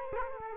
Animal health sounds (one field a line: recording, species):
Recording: mosquito wingbeat signal from an infrared sensor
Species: Culex quinquefasciatus